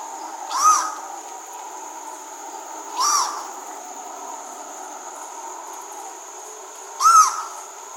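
Bird call: a short, arched, tonal note with harmonics, given three times at uneven intervals, over a steady high whine.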